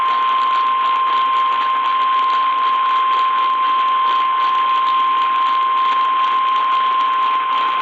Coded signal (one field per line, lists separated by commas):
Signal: Emergency Alert System (SAME) tones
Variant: 1050 Hz attention tone